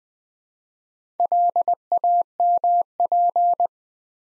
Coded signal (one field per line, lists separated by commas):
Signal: Morse code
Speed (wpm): 20 wpm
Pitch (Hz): 700 Hz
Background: none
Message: LAMP